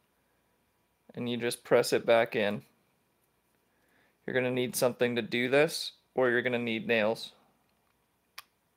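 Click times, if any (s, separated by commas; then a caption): 8.4 s. A 64 GB micro SD card is pushed back into the spring-loaded card slot of a CAMMHD body camera with a fingernail or small tool while someone talks. A single sharp, brief click at 8.4 s marks the card seating in the slot.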